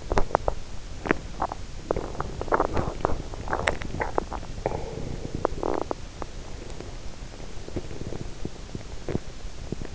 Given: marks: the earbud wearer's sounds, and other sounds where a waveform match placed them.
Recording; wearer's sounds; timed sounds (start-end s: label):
sounds in sleep by an in-ear microphone; swallowing
0.00-6.39 s: swallowing